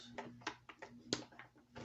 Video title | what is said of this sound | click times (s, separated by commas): Cologuard Collection Kit | And I don't think it snaps in. | none